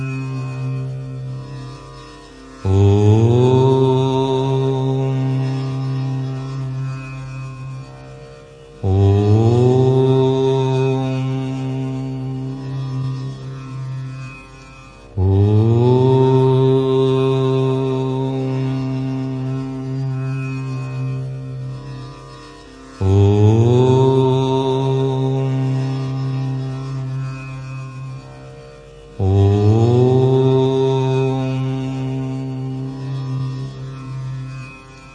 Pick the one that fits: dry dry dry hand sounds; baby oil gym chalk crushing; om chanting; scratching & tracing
om chanting